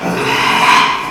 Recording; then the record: squeal of a Yucatan mini pig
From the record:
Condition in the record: after surgery on the right vocal fold (resection and tissue-engineered implant); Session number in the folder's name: 1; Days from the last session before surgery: 6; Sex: male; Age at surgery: 12 weeks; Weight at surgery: 13 kg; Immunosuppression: cyclosporine, prednisolone